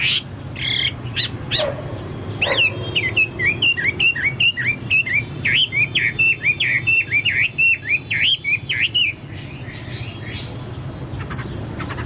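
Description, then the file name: Chinese hwamei song: after a few sharp notes, a long quick run of repeated looping whistles for about six seconds, then fading to softer notes. "hwamei-2-omkicau"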